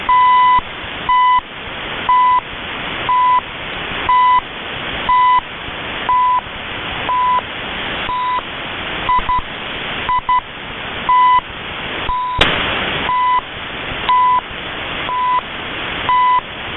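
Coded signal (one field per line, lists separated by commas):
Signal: radio time signal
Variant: CHU Canada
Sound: short 1 kHz beeps once per second, about 16 ticks, with shortwave hiss between them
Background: radio static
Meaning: Each tick marks one second of UTC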